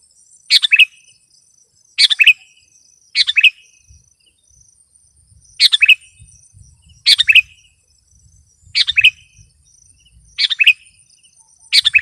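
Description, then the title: Sooty-headed bulbul song: short liquid, chirpy phrases repeated every second or two, over a faint high whine and occasional low thumps. "kutilang"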